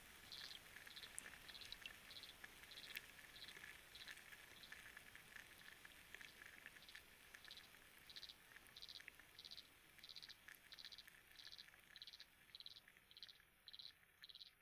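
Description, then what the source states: Frog calls, a steady series of short buzzy pulses, with soft pattering and ticking noise behind. Recorded underwater with a hydrophone; rain and wind also audible.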